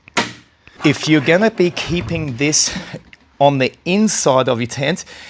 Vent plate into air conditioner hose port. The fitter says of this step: The feet go inside and it simply lifts up and it snaps into place. Listen to this.